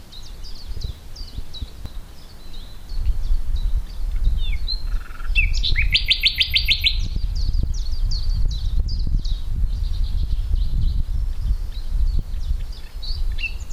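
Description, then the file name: Common nightingale singing many short high notes, with a loud burst of rapid, stacked trilled notes midway, over a steady low rumble. "Luscinia megarhynchos"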